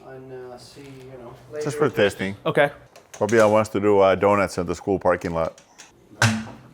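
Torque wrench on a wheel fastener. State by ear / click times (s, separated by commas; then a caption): torque reached / 6.2 s. A torque wrench set to about 300–320 tightens a centerlock wheel on a car while someone talks. The wrench gives a sharp click at its setting at 6.2 seconds.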